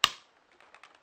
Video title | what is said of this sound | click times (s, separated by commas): LEADER CLASS BRAWL REVIEW BY smsno1 (PART 2) | over the top of everything and clicks back in place with as van horo would say a very reassuring click | 0.0 s